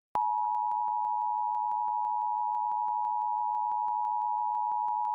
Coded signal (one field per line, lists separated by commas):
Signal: Emergency Alert System (SAME) tones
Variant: 853 and 960 Hz attention tone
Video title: Santa Barbara Required Monthly Test (EAS #1223-1225) 9/6/23